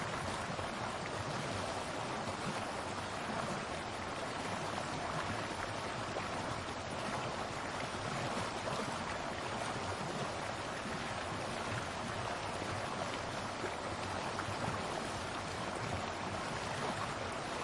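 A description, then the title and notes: River rapids rush in a steady, dense wash that holds an even level from start to finish. The sound is full, spread from a low rumble up to bright hiss, with constant fine splashing texture and no distinct separate events. Soft River Water Rapids Sounds.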